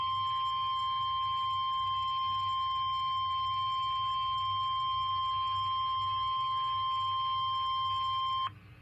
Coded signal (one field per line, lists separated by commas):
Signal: Emergency Alert System (SAME) tones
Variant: 1050 Hz attention tone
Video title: EAS 6964-6986. EAS Alerts from the week of 1/12/25-1/18/25